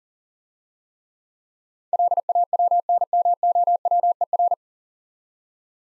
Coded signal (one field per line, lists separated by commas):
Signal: Morse code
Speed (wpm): 43 wpm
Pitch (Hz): 700 Hz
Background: none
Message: LAWNMOWER